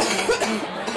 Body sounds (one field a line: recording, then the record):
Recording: coughing mixed with background sound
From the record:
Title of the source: 61 morning phlegmy cough...again